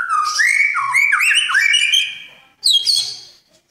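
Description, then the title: Oriental magpie-robin song: loud fluty whistles sliding up and down among fast chirps, a short break, then a high buzzy trill. "Kicau Kacer"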